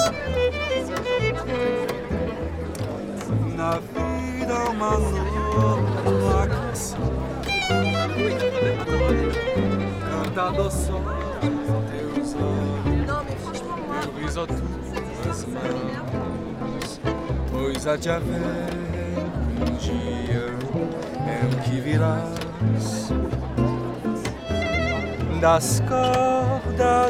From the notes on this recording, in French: Nuit Debout à Nantes Place du Bouffay